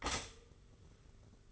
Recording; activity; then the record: daily activity, microphone in the room; stop toaster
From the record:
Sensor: 4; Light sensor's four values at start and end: 19/62/23/23 and 19/62/23/23